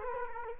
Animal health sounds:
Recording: mosquito wingbeat signal from an infrared sensor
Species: Culex quinquefasciatus

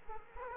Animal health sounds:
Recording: mosquito wingbeat signal from an infrared sensor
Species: Aedes aegypti

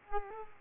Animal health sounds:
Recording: mosquito wingbeat signal from an infrared sensor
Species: Culex quinquefasciatus

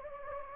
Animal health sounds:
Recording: mosquito wingbeat signal from an infrared sensor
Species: Anopheles gambiae

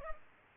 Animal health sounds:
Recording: mosquito wingbeat signal from an infrared sensor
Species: Culex pipiens

